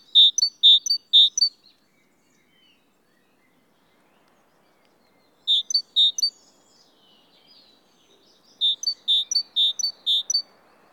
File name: Parus major